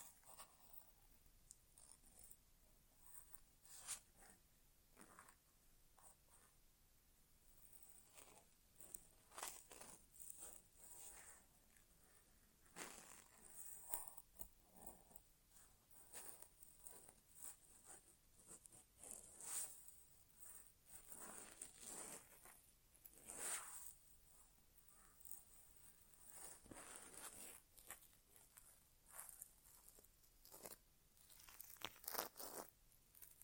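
Scratching and rubbing sounds move around the ear, like fingers or tools brushing at the ear canal. Short crackly bursts and crinkles come irregularly every second or so, bright and crisp, over a faint hiss.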